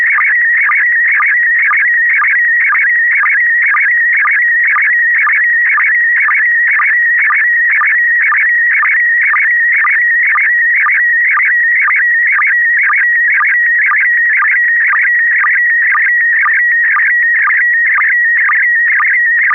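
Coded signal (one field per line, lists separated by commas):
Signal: SSTV (slow-scan television)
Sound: continuous warbling tone sweeping up and down, with a short low blip about twice a second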